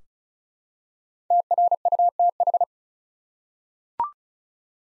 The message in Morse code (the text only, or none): TRUTH